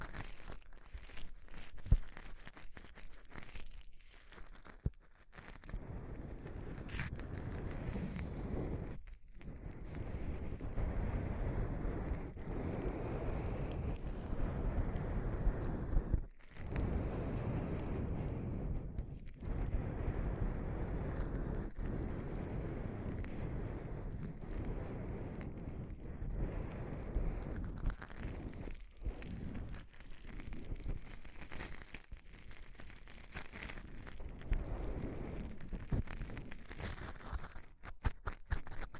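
A microphone is grabbed and handled slowly, making a thick, rumbling rustle that stays heavy in the lows for the whole time. Brief sharp drops and scattered clicks break it up around 5, 9, 16, 19 and 29 seconds, with a wind-like roar underneath.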